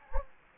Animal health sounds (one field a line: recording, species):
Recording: mosquito wingbeat signal from an infrared sensor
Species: Anopheles gambiae